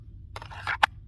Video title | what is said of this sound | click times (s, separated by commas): Watchdog Tactical. Best conceal carry holster | You can hear it snap in, audible snap. | 0.8 s